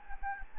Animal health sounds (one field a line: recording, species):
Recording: mosquito wingbeat signal from an infrared sensor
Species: Anopheles gambiae